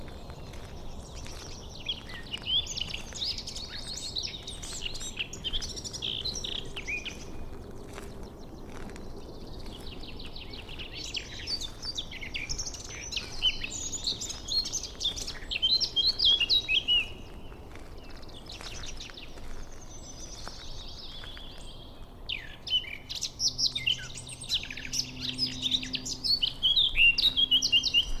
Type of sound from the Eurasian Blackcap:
song